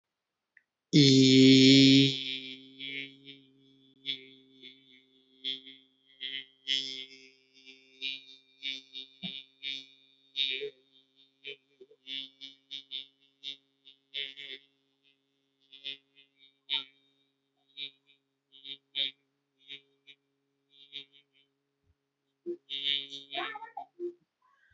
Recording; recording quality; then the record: sustained vowel as in beet; excellent, no background noise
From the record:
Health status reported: healthy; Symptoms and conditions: none ticked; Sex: male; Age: 20 years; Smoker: not ticked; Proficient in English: yes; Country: India